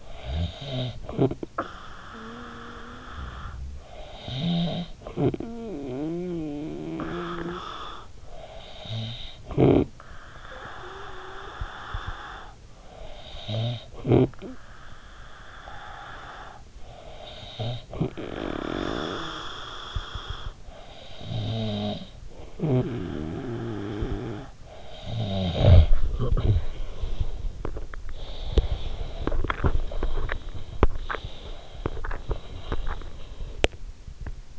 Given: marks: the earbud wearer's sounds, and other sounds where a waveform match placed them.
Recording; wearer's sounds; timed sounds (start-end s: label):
sounds in sleep by an in-ear microphone; snoring breath, cough or throat clearing or sniffle, teeth grinding, breath
0.00-27.89 s: snoring breath
26.04-26.89 s: cough or throat clearing or sniffle
27.54-34.06 s: teeth grinding
28.09-33.52 s: breath